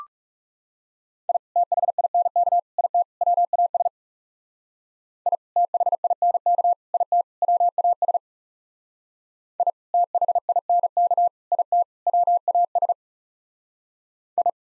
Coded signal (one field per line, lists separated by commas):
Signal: Morse code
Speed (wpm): 38 wpm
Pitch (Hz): 700 Hz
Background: none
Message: I THINK IT WAS I THINK IT WAS I THINK IT WAS I